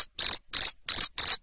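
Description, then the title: Cricket giving four quick, piercing chirps in a steady rhythm. Loud cricket chirping ('ngerik'), played to stimulate lovebirds to keep singing (ngekek). "Suara JANGKRIK NGERIK Keras Bikin LOVEBIRD Jadi NGEKEK Terus Vubey"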